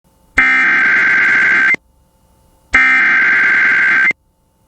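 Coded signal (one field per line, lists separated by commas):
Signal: Emergency Alert System (SAME) tones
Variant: header bursts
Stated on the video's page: Severe Thunderstorm Watch for Arkansas counties relayed on an FM station.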